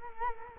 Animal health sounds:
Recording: mosquito wingbeat signal from an infrared sensor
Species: Culex quinquefasciatus

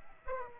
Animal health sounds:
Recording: mosquito wingbeat signal from an infrared sensor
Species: Aedes aegypti

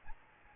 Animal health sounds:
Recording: mosquito wingbeat signal from an infrared sensor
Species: Aedes albopictus

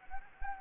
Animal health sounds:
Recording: mosquito wingbeat signal from an infrared sensor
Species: Anopheles gambiae

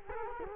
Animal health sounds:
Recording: mosquito wingbeat signal from an infrared sensor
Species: Culex quinquefasciatus

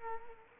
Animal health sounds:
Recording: mosquito wingbeat signal from an infrared sensor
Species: Culex quinquefasciatus

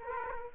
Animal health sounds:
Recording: mosquito wingbeat signal from an infrared sensor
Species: Aedes aegypti

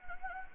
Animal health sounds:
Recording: mosquito wingbeat signal from an infrared sensor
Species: Anopheles gambiae

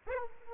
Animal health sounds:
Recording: mosquito wingbeat signal from an infrared sensor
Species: Aedes aegypti

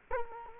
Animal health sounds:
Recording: mosquito wingbeat signal from an infrared sensor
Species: Culex quinquefasciatus

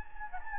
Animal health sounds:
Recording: mosquito wingbeat signal from an infrared sensor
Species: Anopheles gambiae

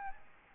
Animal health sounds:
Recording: mosquito wingbeat signal from an infrared sensor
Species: Aedes albopictus

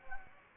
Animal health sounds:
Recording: mosquito wingbeat signal from an infrared sensor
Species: Anopheles gambiae

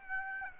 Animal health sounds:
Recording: mosquito wingbeat signal from an infrared sensor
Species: Aedes aegypti

